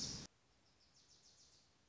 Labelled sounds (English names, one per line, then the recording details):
Wilson's Warbler
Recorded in Sonoma County, California